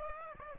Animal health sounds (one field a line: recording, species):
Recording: mosquito wingbeat signal from an infrared sensor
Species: Aedes aegypti